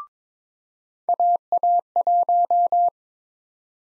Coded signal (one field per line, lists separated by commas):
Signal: Morse code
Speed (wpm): 21 wpm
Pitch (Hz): 700 Hz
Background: none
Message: AA1